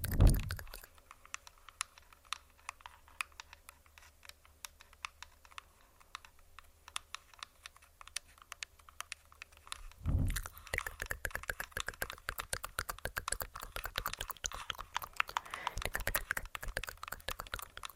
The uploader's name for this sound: Tingly TkTk & Tapping On Tascam (Long Nails)